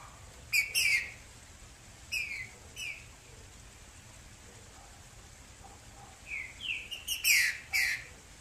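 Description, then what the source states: Green-winged saltator giving brief downslurred whistles in scattered groups, the last a quick run of several bright falling notes, against low background hiss. Female.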